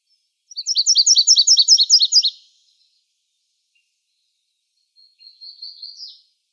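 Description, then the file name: Virginia's warbler song: a rapid series of high doubled notes, then after a pause a faint, thin trill that rises slightly at the end. Recorded in Arizona on 30 April 2005. "VIWA 6 deviche"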